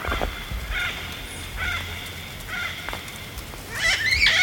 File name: yellow billed parrot